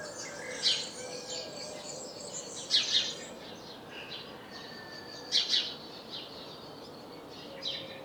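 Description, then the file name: House sparrow calls, loud chirps, some doubled, every two to three seconds amid quieter chattering. "Passer domesticus"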